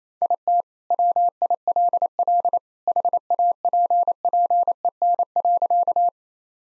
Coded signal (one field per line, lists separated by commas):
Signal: Morse code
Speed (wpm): 28 wpm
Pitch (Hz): 700 Hz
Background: none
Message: IT WILL HAPPEN.